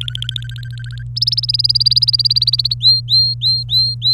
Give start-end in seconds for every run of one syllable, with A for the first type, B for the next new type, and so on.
0.01-1.03 A, 1.16-2.74 B, 2.81-4.13 C